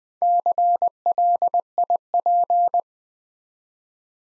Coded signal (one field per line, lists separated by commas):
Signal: Morse code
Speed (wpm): 20 wpm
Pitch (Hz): 700 Hz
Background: none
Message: CLIP